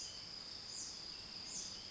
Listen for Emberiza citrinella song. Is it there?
no